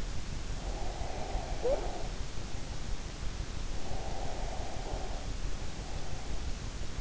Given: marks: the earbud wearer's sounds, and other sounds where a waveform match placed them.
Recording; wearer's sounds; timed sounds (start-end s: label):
sounds in sleep by an in-ear microphone; snoring breath, breath
0.63-3.20 s: snoring breath
3.87-6.33 s: breath